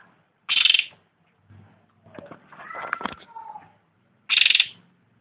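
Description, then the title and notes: Leafbird song: two harsh buzzy high bursts framing a run of softer slurred, mewing and chattering notes. "Cucak Rante. Suara Cucak Ijo"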